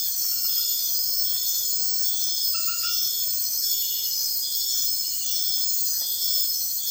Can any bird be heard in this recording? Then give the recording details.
no. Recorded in dense forest near Puerto Asís, Putumayo, Colombia, on 18 February 2024 at 04:00. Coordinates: 0.496, -76.326. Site G6383